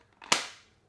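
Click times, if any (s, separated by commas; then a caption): 0.3 s. A natural titanium iPhone 16 Pro Max is pressed into a slim Caudabe Synthesis protective case, with faint contact noises at about 0.1 s and 0.2 s. It snaps home with a loud, sharp, solid click at 0.3 s that rings out briefly, and the phone is seated.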